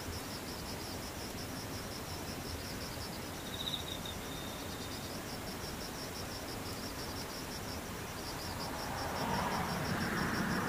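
Insects chirr in a fast, regular pulsing trill that runs steadily through the whole stretch, high and thin over a constant hiss. A brief brighter chirp stands out near four seconds, and in the last couple of seconds a low rumbling swell rises underneath.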